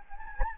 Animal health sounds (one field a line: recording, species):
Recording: mosquito wingbeat signal from an infrared sensor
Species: Anopheles gambiae